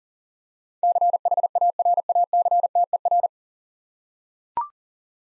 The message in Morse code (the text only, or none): CHARACTER